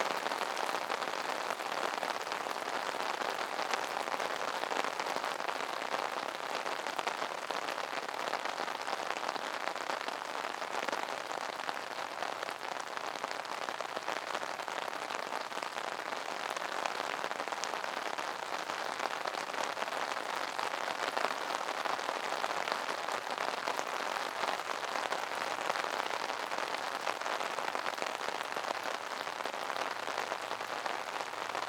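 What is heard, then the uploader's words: Rain patters steadily on an umbrella, a dense, even crackle of countless small drops overhead. The sound holds at the same level for the whole stretch, bright and hissy with little low rumble and no distinct separate events. Tingling Umbrella Patter.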